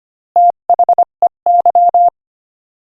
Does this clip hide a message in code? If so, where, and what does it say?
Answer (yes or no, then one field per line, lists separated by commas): yes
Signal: Morse code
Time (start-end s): 0.4-2.1 s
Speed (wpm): 24 wpm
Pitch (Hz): 700 Hz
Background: none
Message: THEY